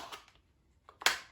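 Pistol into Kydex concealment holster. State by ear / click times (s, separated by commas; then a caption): seated / 1.1 s. A full-size pistol is pushed into a Kydex concealment holster, with faint scraping and a small tap at 0.9 s as it slides in. It snaps fully seated with a sharp, bright retention click at 1.1 s.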